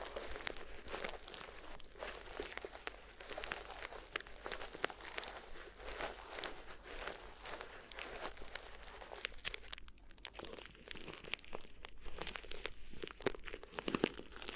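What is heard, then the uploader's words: Crinkly ear massage: dense, continuous crinkling and crunching with frequent sharp bright crackles, briefly thinning near ten seconds before resuming. ASMR Addictive Crinkly Ear Massage (No Talking).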